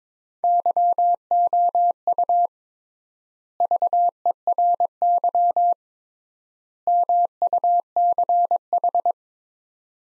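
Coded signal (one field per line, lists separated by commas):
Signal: Morse code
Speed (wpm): 22 wpm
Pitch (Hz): 700 Hz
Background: none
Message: YOU VERY MUCH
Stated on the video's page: Morse practice drill of three-word sets at 22 wpm with 3x word spacing, akin to Farnsworth.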